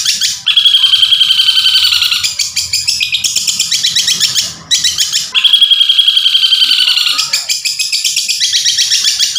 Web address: masteran cendet